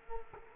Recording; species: mosquito wingbeat signal from an infrared sensor; Culex quinquefasciatus